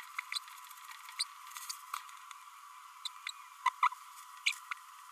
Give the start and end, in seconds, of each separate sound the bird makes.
0.34-0.38, 1.19-1.24, 3.05-3.08, 3.65-3.69, 3.82-3.88